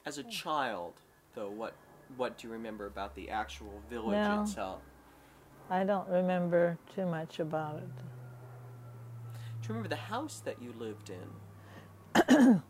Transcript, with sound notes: As a child, though, what, what do you remember about the actual village itself?
(an airplane can be heard in the background) Well, I don't remember too much about it.
Do you remember the house that you lived in?